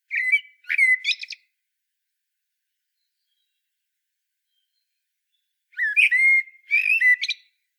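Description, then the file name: Common blackbird song: two short fluting phrases with squeaky tails, a silence of about four seconds, then two more phrases. "Turdus merula"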